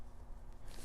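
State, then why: Not seated. A rubber and metal bearing seal is pressed by thumb and fingers into the sealed bearing of a jockey pulley on a Shimano XTR M960 derailleur, making soft handling noise with a brighter, hissy burst around 0.7 to 0.9 s. Nothing has seated or clicked yet.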